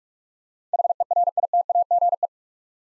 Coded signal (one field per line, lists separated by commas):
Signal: Morse code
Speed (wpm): 44 wpm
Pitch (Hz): 700 Hz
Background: none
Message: HERITAGE